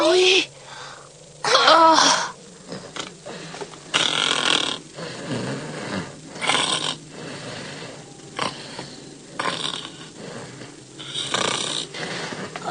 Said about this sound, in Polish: Chrapie. Chyba się zmęczył. Zrobiło się późno. Zasnął.